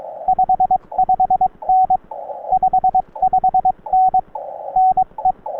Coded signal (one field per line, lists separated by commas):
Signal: Morse code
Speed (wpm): 22 wpm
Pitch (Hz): 750 Hz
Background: none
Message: 55N 55N NE